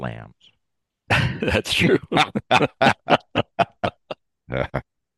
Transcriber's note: laughs